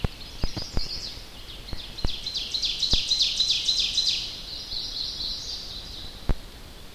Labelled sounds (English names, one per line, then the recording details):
Ovenbird song
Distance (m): 35 m
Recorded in boreal forest in Alberta, Canada, on 10 June 2016 at 07:44
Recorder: SongMeter 3, array SBT-3-39
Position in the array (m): 325 m, 145 m
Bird 19